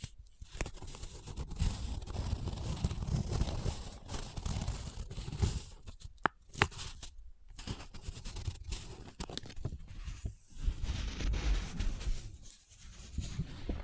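Paper is rubbed, scratched and crinkled in dense, uneven bursts, with sharp crackles and brief pauses near six and ten seconds.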